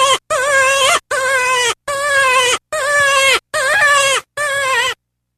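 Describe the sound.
Cottontail rabbit cries: seven bleating, harmonic calls, each under a second, repeated with short gaps.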